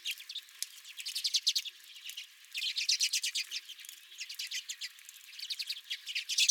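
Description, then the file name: Redpolls giving rapid twittering calls in repeated bursts, dry chips tumbling quickly one after another with short quieter spells. Several redpolls at the recordist's own feeder. "Redpolls at My Feeder"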